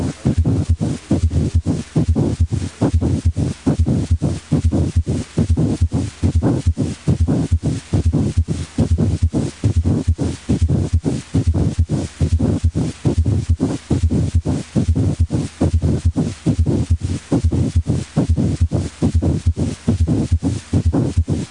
Pericardial friction rub is usually heard best and is sometimes palpable over the tricuspid and xiphoid areas. It is usually loud and may become louder during inspiration. The rub has a grating or scratchy, high-pitched sound that is heard best with the diaphragm of the stethoscope.